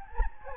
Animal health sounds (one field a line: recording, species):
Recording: mosquito wingbeat signal from an infrared sensor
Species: Anopheles gambiae